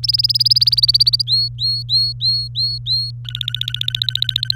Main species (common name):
Domestic Canary